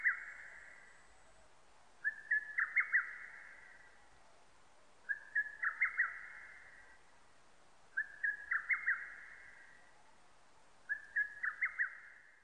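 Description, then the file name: Lesser cuckoo song: staccato whistled phrases of several quick notes, repeated about every three seconds against a quiet background. Recorded 31 May 1999. "990531 hototogisu"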